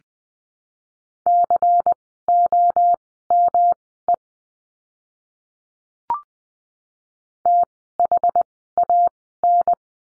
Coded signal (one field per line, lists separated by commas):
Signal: Morse code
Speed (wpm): 20 wpm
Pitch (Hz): 700 Hz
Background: none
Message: COME THAN